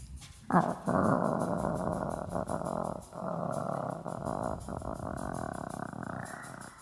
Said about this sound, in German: Zog dem Jüngling, den sie liebt, entgegen. Von Hunden ringsumheult.